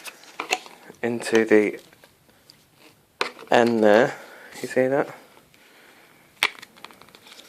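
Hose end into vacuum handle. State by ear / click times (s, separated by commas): seated / 6.4 s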